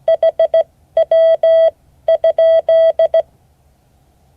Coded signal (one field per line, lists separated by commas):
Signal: Morse code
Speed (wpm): 16 wpm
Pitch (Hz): 650 Hz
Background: none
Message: HW?